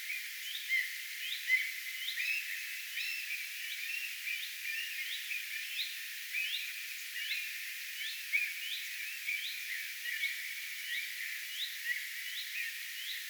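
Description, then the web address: Common redstart repeating short rising calls, a little more than one per second, over a steady background of other sound. Attention calling recorded on 3 May 2025. "paivat 3 5 2025 leppalinnun huomioaantelya"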